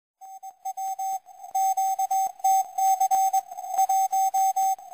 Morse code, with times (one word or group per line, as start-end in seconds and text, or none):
0.7-1.2 W
1.6-3.4 QTC
3.8-4.7 1